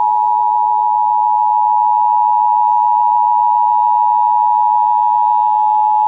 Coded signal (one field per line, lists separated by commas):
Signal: Emergency Alert System (SAME) tones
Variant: 853 and 960 Hz attention tone